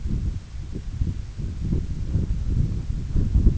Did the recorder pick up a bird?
no